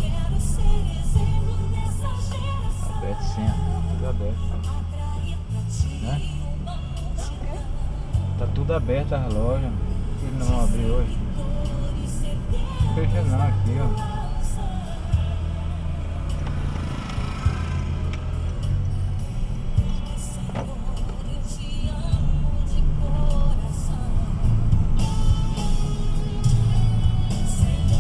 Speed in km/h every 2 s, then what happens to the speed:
10, 6, 6, 14, 18, 19, 13, 9, 12, 17, 24, 25, 21, 20.
4-10 speeds up to 19. 10-14 slows to 9. 14-21 speeds up to 25.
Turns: 13-19.